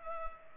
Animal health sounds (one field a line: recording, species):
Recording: mosquito wingbeat signal from an infrared sensor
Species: Culex pipiens